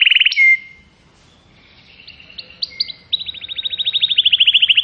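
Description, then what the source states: Atlantic canary song, short high notes and scattered chirps building into a fast, loud repeated trill that rises in volume toward the end. Used to lure birds.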